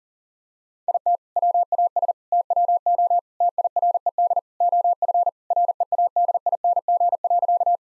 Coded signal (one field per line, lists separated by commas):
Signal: Morse code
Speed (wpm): 40 wpm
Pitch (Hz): 700 Hz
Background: none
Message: IT WAS TWO TIRED OF READING.